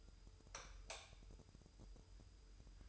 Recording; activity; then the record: daily activity, microphone in the room; light off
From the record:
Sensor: 2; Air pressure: 988.2 hPa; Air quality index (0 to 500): 189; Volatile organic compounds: 175 ppm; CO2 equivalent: 4125 ppm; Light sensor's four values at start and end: 11/34/14/14 and 7/16/7/7